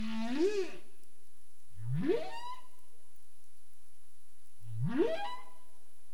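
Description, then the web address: Humpback whale song units: three low moaning calls, each sweeping upward from a deep groan into a higher whooping tone, spaced a few seconds apart over a faint steady background. 27 April 2035, 21:47 UTC. "CARIMAM. humpback whale"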